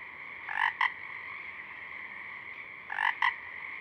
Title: Pacific Chorus Frogs (Pseudacris regilla), dusk, Parabolic